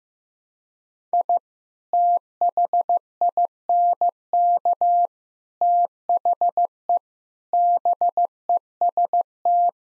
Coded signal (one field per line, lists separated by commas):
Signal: Morse code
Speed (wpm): 15 wpm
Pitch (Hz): 700 Hz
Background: none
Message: I THINK THE BEST